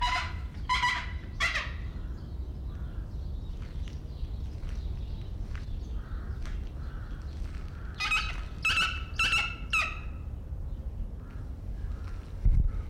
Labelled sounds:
Pallas's Fish Eagle
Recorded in captivity
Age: adult
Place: Zoo Berlin, Berlin, DE
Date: 1992-12-25 13:10
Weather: heiter, -7°C
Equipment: Marantz CP 430, Sennheiser ME 80, Kopie Uher Variocord 263
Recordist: Tembrock, Günter
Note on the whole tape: Lautfolgen (ca. 12 m)

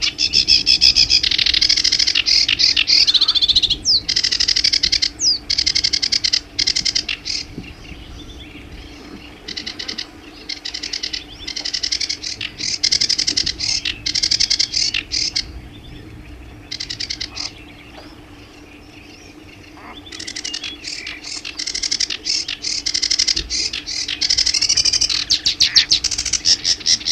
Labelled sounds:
Sedge Warbler song
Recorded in the wild
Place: Illmitz, AT
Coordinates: 47.7622, 16.8036
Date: 1972-05-02
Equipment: Uher Report 4200, AKG D190C in Doppel-Parabolreflektor
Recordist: Krey, Winfried

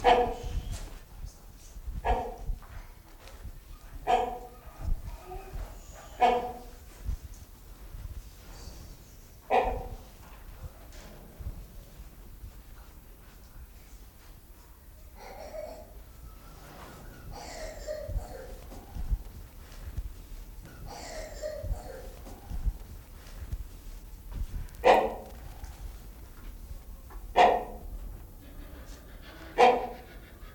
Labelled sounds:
Great Hornbill call
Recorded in captivity
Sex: male
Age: adult
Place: Zoo Berlin, Berlin, DE
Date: 1996-03-23 11:49
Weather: heiter, 4°C
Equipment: Sony WM-D6C, Sennheiser ME 80, Kopie Uher 4000 Report Monitor
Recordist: Tembrock, Günter

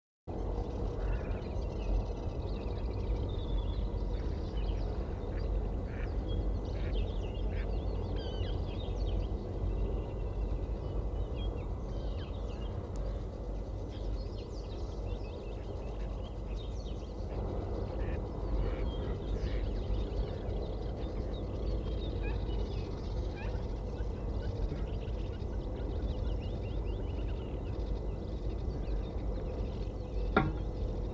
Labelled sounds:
Montagu's Harrier call
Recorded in the wild
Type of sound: call
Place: Kremmen, Brandenburg, DE
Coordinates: 52.769, 13.001
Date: 1971-05-04
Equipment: Nagra III BH, Sennheiser MD 21, parabola
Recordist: Schubert, Michael
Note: Wiesenweihe, beide Partner fliegen danach zusammen, tiefe u. hohe Rufe wahrsch. v. Wiesenw

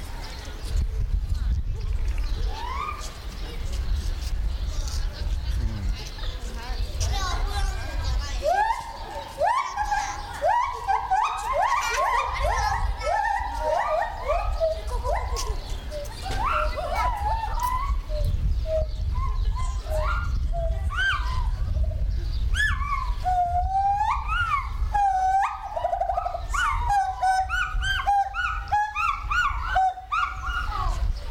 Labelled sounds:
Pileated Gibbon
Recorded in captivity
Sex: male
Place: Zoo Berlin, Berlin, DE
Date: 1996-04-06 12:50
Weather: heiter, 10 - 16 °C
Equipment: Sony MD-WM MZ-R3, Sennheiser MKH 416 T, Kopie Uher 4000 Report Monitor
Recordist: Tembrock, Günter

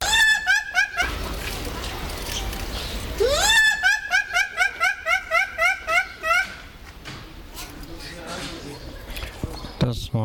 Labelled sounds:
Bush Dog call
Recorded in captivity
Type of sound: call
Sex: male
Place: Zoo Berlin, Berlin, DE
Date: 1996-04-27 17:31
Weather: fair, 17°C
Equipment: Sony MD-WM MZ-R3, Sennheiser MKH 416 T, Kopie Uher 4000 Report Monitor
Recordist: Tembrock, Günter
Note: Einzelnes Männchen mit Bellstrophe (mit Winselanlaut) vor Einlass. Entfernung ca

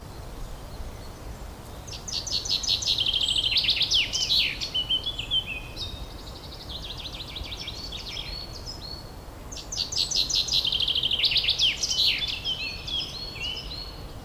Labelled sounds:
Common Chaffinch song
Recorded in the wild
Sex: male
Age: adult
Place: Summt, Brandenburg, DE
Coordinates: 52.6931, 13.3606
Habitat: forest
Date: 1997-05-17 13:38
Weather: sunny, 25°C
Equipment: Sony MD-WM MZ-R3, Sennheiser MKH 416 T, Kopie Uher 4000 Report Monitor
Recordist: Tembrock, Günter

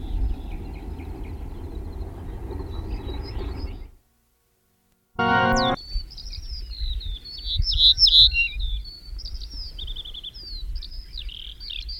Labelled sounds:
Ortolan Bunting song
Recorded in the wild
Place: Svoboda, Plodiv, BG
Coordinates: 42.395, 24.337
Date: 1974-05-28 05:36
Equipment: Nagra III BH, Sennheiser MD 21, parabola
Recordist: Schubert, Michael

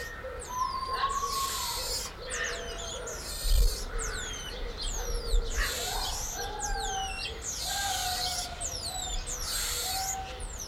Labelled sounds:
Cottontop Tamarin
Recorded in captivity
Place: Zoo Magdeburg, Sachsen-Anhalt, DE
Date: 1995-04-05
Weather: heiter, 8 °C
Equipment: Marantz CP 430, Sennheiser ME 80, Kopie Uher Variocord 263
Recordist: Tembrock, Günter

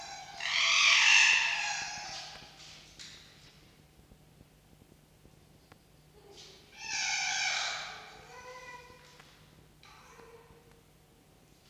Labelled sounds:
Red Fox
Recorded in captivity
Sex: pair
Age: adult
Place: Zoologisches Institut der HUB, Berlin, DE
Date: 1953-02-25 17:35
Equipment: Elmetra
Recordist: Tembrock, Günter
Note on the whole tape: Begrüßung zwischen Fiffi und Jupp. Fiffi: Keifen-Kreischen-Winseln; Jupp: Ranzwinseln und Ranzbellen

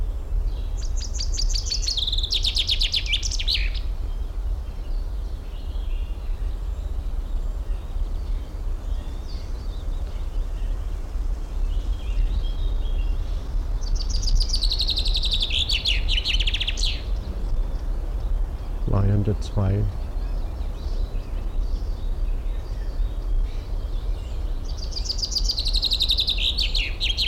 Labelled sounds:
Common Chaffinch
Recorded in the wild
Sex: male
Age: adult
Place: Blankenfelde, Tegeler Fließ, Berlin, DE
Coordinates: 52.62, 13.39
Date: 1994-04-23 11:35
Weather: heiter 16-19°C
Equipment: Marantz CP 430, Sennheiser ME 80, Kopie Uher Variocord 263
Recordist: Tembrock, Günter

